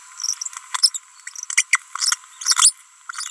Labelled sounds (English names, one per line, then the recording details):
Green-rumped Parrotlet babbling
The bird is a female
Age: 22 days
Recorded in a nest box in Venezuela
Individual 17B42B3